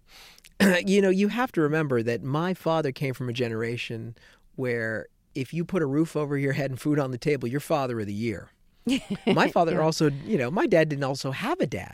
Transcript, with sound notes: You know, you have to remember that my father came from a generation where, if you put a roof over your head and food on the table, you're father of the year.
(Laughter) Yeah.
My father also, you know, my dad didn't also have a dad.